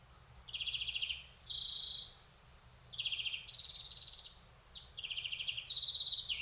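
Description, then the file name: European greenfinch with a steady string of rattling trills that step between lower and higher pitches, broken once by a smooth, drawn-out buzzy note. "Chloris chloris"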